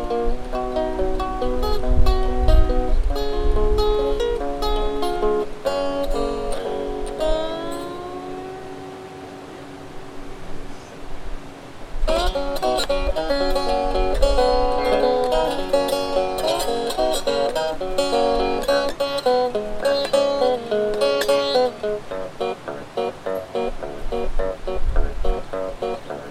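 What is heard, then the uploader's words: An acoustic guitar is picked, with clear ringing notes and a few sliding, bending notes around seven seconds. The playing thins to a soft lull with a faint steady wash behind it, then resumes at twelve seconds with quicker, busier picking to the end. Guitar on the Yuba River. Recorded at the Yuba river near Nevada, City, CA. Unfortunately picked up some wind in the mic but still great. Along with the wind, you can hear the river rushing in the background. Recorded with Zoom H4N, enhanced stereo.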